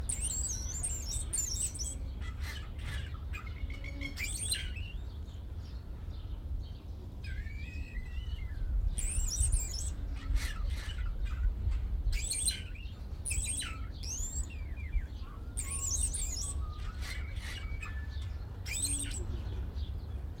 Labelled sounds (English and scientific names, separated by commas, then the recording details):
Wattled Starling (Creatophora cinerea)
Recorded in captivity
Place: Zoo Berlin, Berlin, DE
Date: 1995-03-14 14:30
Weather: bedeckt, -1°C, böiger Wind
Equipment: Sony WM-D6C, Sennheiser ME 80, Kopie Uher Variocord 263
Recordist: Tembrock, Günter